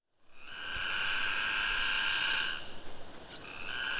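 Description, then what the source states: Cicada song that swells in from silence into a loud, sustained tonal buzz, breaks into quick pulsing, then picks up the drone again. Singing, recorded close to a river in the Sumatra jungle, Ketambe, Aceh region, with a Sony PCM D50 recorder.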